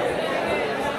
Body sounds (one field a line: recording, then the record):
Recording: background sound without coughing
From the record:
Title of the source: CITY SOUNDS Busy Bar in the Evening Night - 2 HOURS of Ambiance for Relaxation